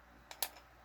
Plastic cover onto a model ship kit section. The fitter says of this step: It didn't say to do nothing with this one, but I went ahead and I snapped this second one together right here. Just put the cover over top of it.